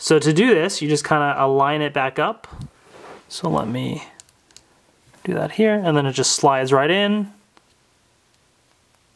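Someone talks while lining up the band end of a 42mm stainless steel Apple Watch Milanese Loop and sliding the connector along the smartwatch case slot. A few faint, short ticks follow as the talking stops. Nothing has seated or clicked yet.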